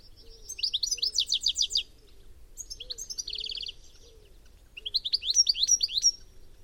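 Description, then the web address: Bird calls in three bursts of rapid, high, descending chirps, each burst lasting about a second, with softer low notes beneath and quiet pauses between. "cianscape. Deverinetal 2025. Bird Only"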